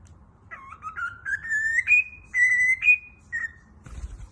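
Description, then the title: Cockatiel whistle phrase climbing steadily in pitch over a few notes, then held high tones and a short falling note, ending with a faint knock. "Calopsitas Cantando Assobio"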